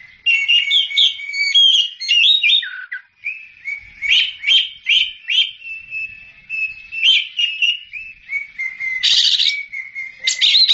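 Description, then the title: Oriental magpie-robin singing continuous melodious whistles and trills mixed with steady sustained notes, with a harsh buzzy burst near the end. Champion songbird. "Kicau Burung Kacer Juara"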